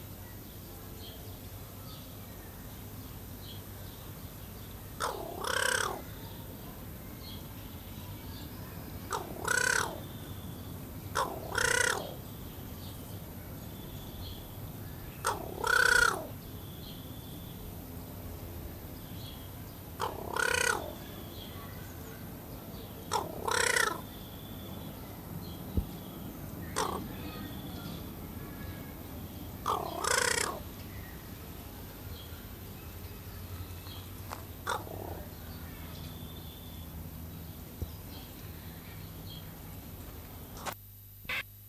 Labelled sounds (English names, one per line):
Pied Crow call